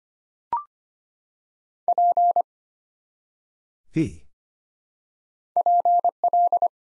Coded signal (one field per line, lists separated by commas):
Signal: Morse code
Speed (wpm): 25 wpm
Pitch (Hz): 700 Hz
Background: none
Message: P PL